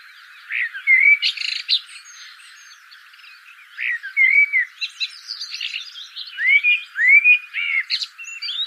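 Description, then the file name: Common blackbird song: mellow whistled phrases separated by short pauses, each closing with thin, squeaky high notes. "Turdus merula"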